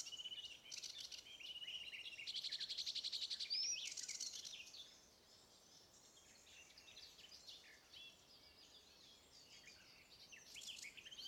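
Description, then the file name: Sedge warbler song: scratchy chattering and a fast rattling trill with a rising whistle, then a quieter stretch of soft chatter, with a louder buzzy burst near the end. "Acrocephalus schoenobaenus - Sedge Warbler"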